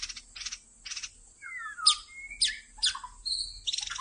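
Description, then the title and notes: White-rumped shama song of noisy rasping bursts, slurred descending whistles and sharp high chirps in a brief varied sequence. Lure (pikat) recording used to attract White-rumped shamas. "MB Pikat Jitu.. Suara Mantap. murai batu"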